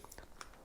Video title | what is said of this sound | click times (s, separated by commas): Pro Bike Tool 3/8" Torque Wrench Review - feat. 10-60 Nm + Click Type + 72 Tooth Ratchet + Case | one-handed lock into place you | 0.4 s